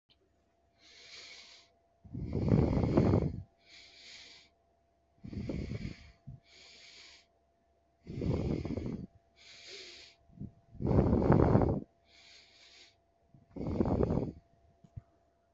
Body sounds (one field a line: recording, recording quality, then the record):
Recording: deep breathing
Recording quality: moderate, slight background noise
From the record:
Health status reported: respiratory illness, not identified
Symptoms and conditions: diabetes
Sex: female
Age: 32 years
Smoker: not ticked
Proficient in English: yes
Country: India